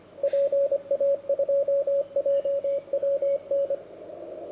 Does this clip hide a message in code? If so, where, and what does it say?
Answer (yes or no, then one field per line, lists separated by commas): yes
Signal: Morse code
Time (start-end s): 0.2-3.7 s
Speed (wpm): 24 wpm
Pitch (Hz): 560 Hz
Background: radio noise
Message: PA2JWN